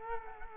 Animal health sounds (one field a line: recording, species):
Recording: mosquito wingbeat signal from an infrared sensor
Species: Culex quinquefasciatus